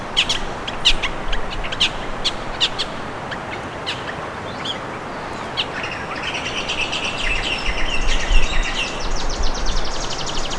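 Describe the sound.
Bird giving sharp high chirps, spaced at first, then a fast buzzy trilled series of notes over steady rushing background noise.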